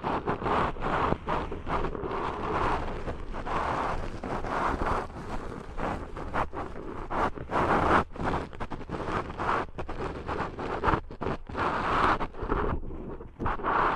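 Deep ear cleaning sounds: a dense, muffled rustling and scraping that never stops, over a heavy low rumble like wind on a microphone. The texture keeps shifting, broken by frequent brief drop-outs and sharper scratchy bursts throughout.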